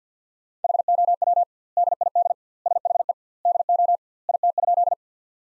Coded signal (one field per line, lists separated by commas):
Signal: Morse code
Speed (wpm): 51 wpm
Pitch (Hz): 700 Hz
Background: none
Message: HOW DID SHE DO IT?